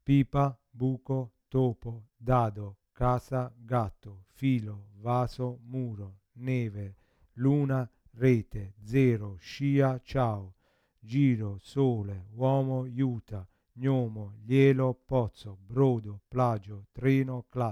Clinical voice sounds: read list of words; Italian; male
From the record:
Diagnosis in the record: Parkinson's disease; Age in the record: 50 years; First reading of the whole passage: 72 s, 7.2 characters per second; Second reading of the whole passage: 54 s, 9.6 characters per second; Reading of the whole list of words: 40 s, 7.1 characters per second

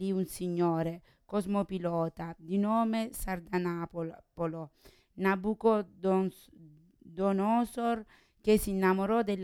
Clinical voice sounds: read passage; Italian; female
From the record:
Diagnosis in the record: Parkinson's disease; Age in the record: 40 years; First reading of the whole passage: 61 s, 7.8 characters per second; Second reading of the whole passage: 52 s, 9.9 characters per second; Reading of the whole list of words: 55 s, 5.1 characters per second

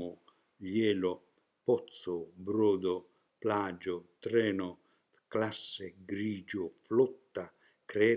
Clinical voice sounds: read list of words; Italian; male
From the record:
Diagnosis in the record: healthy control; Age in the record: 76 years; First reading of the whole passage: 56 s, 9.2 characters per second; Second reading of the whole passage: 53 s, 9.7 characters per second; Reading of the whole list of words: 49 s, 5.7 characters per second

